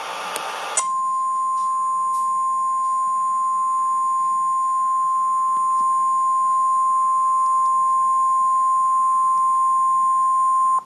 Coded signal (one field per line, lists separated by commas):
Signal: Emergency Alert System (SAME) tones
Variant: 1050 Hz attention tone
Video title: Tom & Jerry Gets Interrupted By EAS Tornado Warning